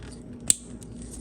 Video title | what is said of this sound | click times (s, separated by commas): How to install a power commander and quick shifter on a Yamaha r1 | this should just click right into there | 0.5 s